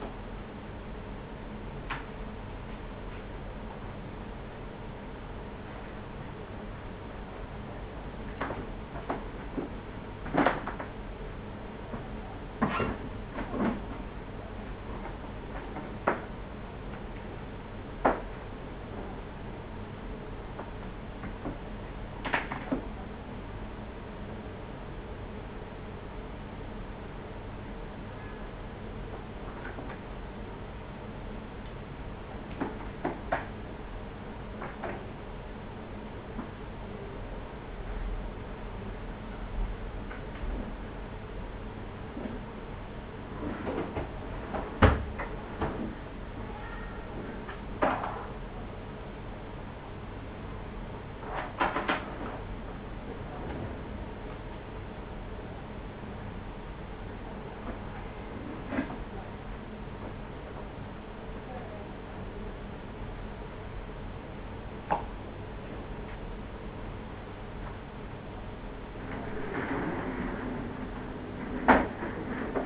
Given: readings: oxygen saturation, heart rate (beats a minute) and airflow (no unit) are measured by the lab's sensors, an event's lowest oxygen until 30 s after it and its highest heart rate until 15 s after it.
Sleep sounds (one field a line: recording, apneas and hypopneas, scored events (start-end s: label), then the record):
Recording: a person awake in a sleep study, by a voice recorder at the bedside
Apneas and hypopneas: none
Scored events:
0.00-72.66 s: awake
0.00-72.66 s: awake
From the record:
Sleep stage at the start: awake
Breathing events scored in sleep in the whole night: 210 in 6.9 hours asleep